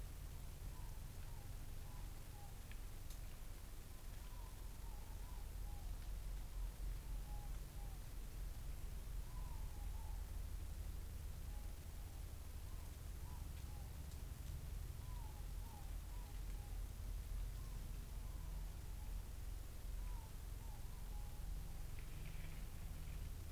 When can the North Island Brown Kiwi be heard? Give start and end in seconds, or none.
none